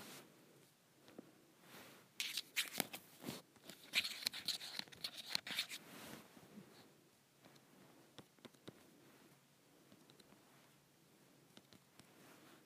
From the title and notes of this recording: ASMR Scratching with a Shirt Hanger.